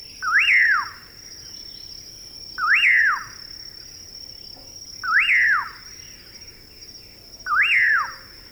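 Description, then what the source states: Common pauraque calling a slurred whistle that rises then drops sharply, repeated four times about every two and a half seconds over a steady high insect drone. Calls from thorn scrub along the Rio Grande at the southern tip of Texas, at night.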